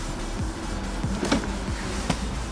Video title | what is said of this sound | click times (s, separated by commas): 2011 Aston Martin Vantage V8 (HD)--Overall Interior and Exterior Tour! | Hear the click, and this panel pops up, | 1.3 s, 2.1 s